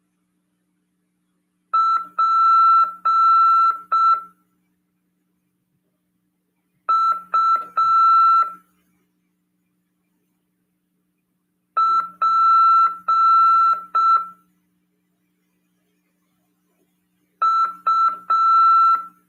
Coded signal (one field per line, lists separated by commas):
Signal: Morse code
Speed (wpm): 5 wpm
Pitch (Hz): 1340 Hz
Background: none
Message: PUPU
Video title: RADIOAMADOR 1ªEd. 2/2/2023 "AULA 12 CW, LEGIS e C.RODADA" FM 146.410 Mhz. PY2EXU PAULO SP/SP CRASP.